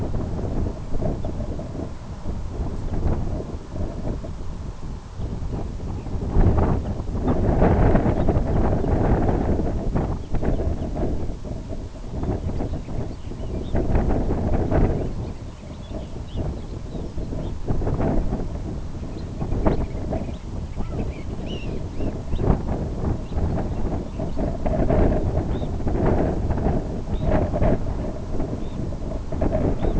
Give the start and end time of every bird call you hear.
1.18s-1.30s: Red Phalarope
2.79s-2.98s: Red Phalarope
5.09s-6.12s: Red Phalarope
6.75s-6.92s: Red Phalarope
7.17s-7.34s: Red Phalarope
8.12s-8.29s: Red Phalarope
8.72s-8.90s: Red Phalarope
10.12s-10.91s: Red Phalarope
12.09s-13.64s: Lapland Longspur
13.55s-13.77s: Red Phalarope
14.82s-17.23s: Lapland Longspur
16.18s-16.43s: Red Phalarope
17.34s-17.55s: Red Phalarope
19.00s-22.45s: Red Phalarope
23.18s-23.41s: Red Phalarope
23.38s-24.27s: Lapland Longspur
24.21s-24.43s: Red Phalarope
25.39s-25.73s: Red Phalarope
27.05s-27.34s: Red Phalarope
28.48s-28.80s: Red Phalarope
29.70s-29.95s: Red Phalarope

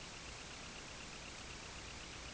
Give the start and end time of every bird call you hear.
0.00s-2.33s: Semipalmated Sandpiper

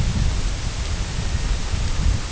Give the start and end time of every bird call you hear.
0.00s-1.66s: Red-throated Loon

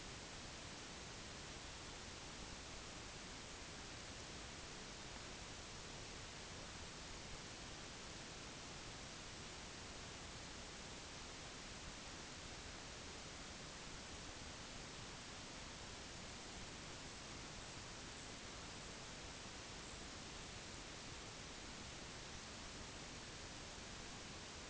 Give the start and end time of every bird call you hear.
16.91s-20.83s: White-rumped Sandpiper

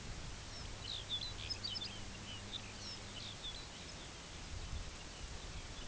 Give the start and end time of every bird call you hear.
0.30s-5.87s: Lapland Longspur

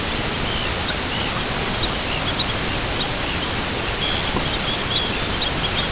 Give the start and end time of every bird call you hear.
0.32s-1.43s: Arctic Tern
1.75s-2.60s: Arctic Tern
2.87s-3.50s: Arctic Tern
3.98s-5.89s: Arctic Tern

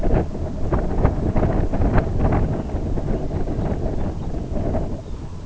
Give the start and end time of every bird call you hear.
3.04s-3.29s: Lapland Longspur
3.87s-4.32s: Lapland Longspur
4.92s-5.25s: Lapland Longspur

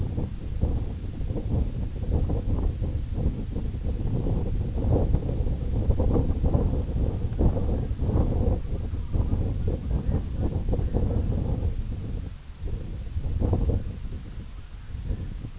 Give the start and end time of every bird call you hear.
7.29s-15.59s: Red-throated Loon

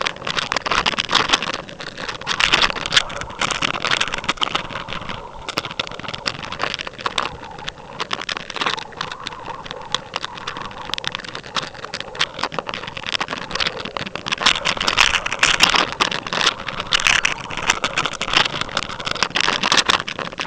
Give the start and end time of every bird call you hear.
17.14s-17.43s: Lapland Longspur
19.24s-19.48s: Lapland Longspur

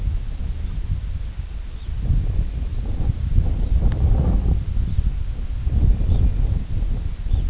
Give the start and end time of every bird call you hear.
0.63s-0.80s: Red Phalarope
1.67s-1.92s: Red Phalarope
2.13s-2.69s: American Golden-plover
2.67s-2.84s: Red Phalarope
3.62s-3.82s: Red Phalarope
4.87s-5.04s: Red Phalarope
5.86s-6.47s: American Golden-plover
6.04s-6.26s: Red Phalarope
7.25s-7.47s: Red Phalarope

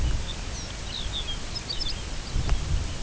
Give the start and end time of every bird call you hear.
0.00s-2.65s: Lapland Longspur

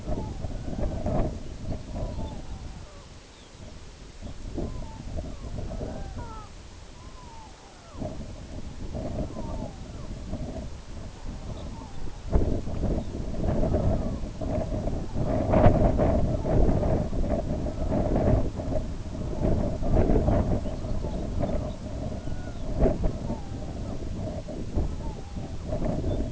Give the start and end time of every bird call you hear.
0.00s-26.28s: Red-throated Loon
1.55s-4.51s: Lapland Longspur
11.43s-13.20s: Lapland Longspur
20.16s-22.75s: Lapland Longspur
25.98s-26.29s: Lapland Longspur

